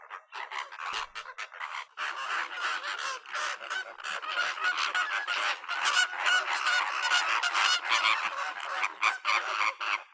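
Birds, many calling at once in a steady stream of harsh, overlapping honks.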